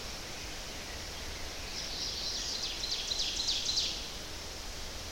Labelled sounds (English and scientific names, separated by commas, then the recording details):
Ovenbird (Seiurus aurocapilla) song
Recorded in boreal forest in Alberta, Canada, on 10 June 2016 at 08:56
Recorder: SongMeter 3, array SBT-3-39
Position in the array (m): 271 m, 158 m
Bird 19